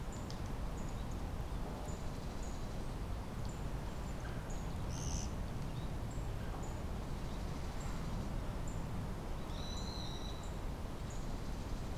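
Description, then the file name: Tits giving brief high-pitched thin calls at irregular intervals, with one longer wavering note near the end, against constant low-frequency background noise. Recorded 10 February 2024 at Kotori no Mori. "tit 20240210"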